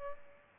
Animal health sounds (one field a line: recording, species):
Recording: mosquito wingbeat signal from an infrared sensor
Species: Aedes albopictus